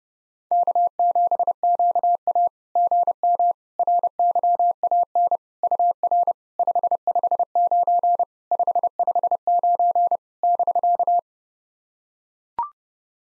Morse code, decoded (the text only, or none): K7QA GM RYAN UR 559 559 <BK>